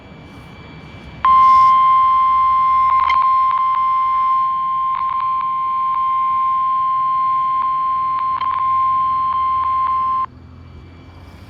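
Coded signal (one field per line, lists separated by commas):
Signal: Emergency Alert System (SAME) tones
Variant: 1050 Hz attention tone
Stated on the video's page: Fire warning received after a Required Weekly Test.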